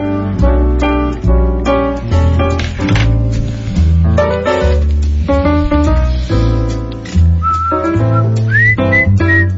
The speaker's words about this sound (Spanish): Ah, no, ese eres tú. Bueno. No, yo nunca he silbado, eres tú. No, eres tú. No, tú silbaste lindo.